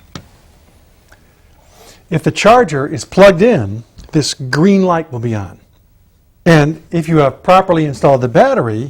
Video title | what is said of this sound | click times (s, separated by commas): Battery Powered Stand-Up Lifts | it away until you hear it click if the | 0.2 s